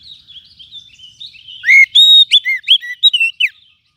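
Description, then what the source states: Lovebird calls: soft, twittering chatter gives way to loud, shrill chirps and squeaky whistled notes in a quick, uneven series. Lovebird call used as a lure (pikat) to attract lovebirds.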